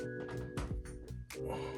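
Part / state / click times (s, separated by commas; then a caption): furniture component snapping into its frame / not seated / none. A furniture component is handled and pushed toward its frame during a beauty room furniture installation while music plays underneath. A short knock of handling noise stands out at about 0.6 s, but nothing has seated or snapped into place yet.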